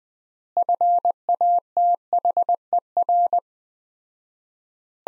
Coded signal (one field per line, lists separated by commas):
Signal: Morse code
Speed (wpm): 21 wpm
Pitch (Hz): 700 Hz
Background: none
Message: FATHER